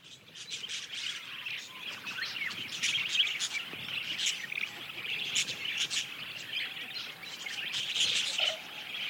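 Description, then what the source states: Budgerigar chatter, busy overlapping chirps and scratchy warbles from a group of birds, steady and unbroken across the whole stretch. Several budgerigars, described as happy.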